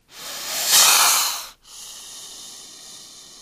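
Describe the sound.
Snake hiss: one loud, breathy burst of noise swelling and fading over about one and a half seconds, followed by a softer, steady hiss.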